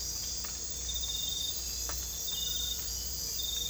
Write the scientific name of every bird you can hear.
none